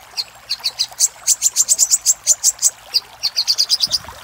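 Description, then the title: Little spiderhunter's high notes speed up into a rapid run, break off for a moment, then start a second quick series. Master recording of little spiderhunter ('sogok ontong'), labelled Labaik, used for training cage birds. "Masteran Burung Sogok Ontong Labaik"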